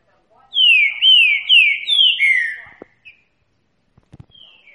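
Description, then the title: Green-winged saltator singing a fast phrase of five bright, downslurred whistled notes, followed by a faint click, a short high note and scattered soft knocks. Trinca-ferro baiano singing in the Bahian catingueiro song style. "Canto De Trinca Ferro. TRINCA=FERRO BAIANO CANTO CATINGUEIRO"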